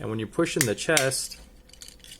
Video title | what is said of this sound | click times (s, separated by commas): LDCX Golden Phoenix Super Train Robot | the head is supposed to pop out, but mine just gets stuck. | none